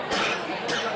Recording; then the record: coughing mixed with background sound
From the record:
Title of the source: 64 coughing, allergies, singing lungs